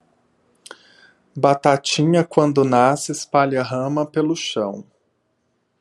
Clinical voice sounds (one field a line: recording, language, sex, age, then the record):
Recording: short text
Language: Brazilian Portuguese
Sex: male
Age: 30 to 39 years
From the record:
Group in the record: control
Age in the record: 33 years